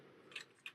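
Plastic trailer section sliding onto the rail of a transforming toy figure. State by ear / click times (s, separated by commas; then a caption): seated / 0.7 s. A plastic truck-trailer section of a transforming robot figure, Transformers Kingdom Ultra Magnus, is slid along its joining rail until it stops. A faint sliding rasp leads into a sharp plastic tick at 0.4 s, then a clear click at 0.7 s as the trailer seats in place.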